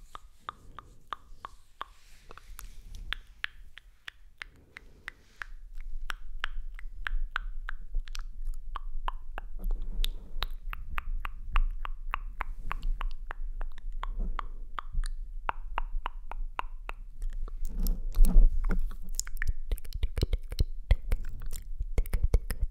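Mouth sounds and oily hand sounds: a dense run of wet clicks, smacks and slick squelches, irregular but nearly continuous. The first five seconds are sparser and quieter, then the clicking thickens and grows louder, with a low rumble underneath and a sharp peak near eighteen seconds.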